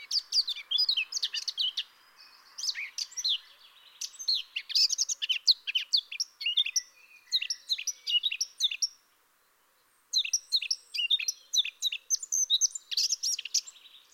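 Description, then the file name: Eurasian blackcap song, dense rapid warbling of mixed scratchy and whistled notes, continuing almost without pause apart from one short silence. "Sylvia atricapilla"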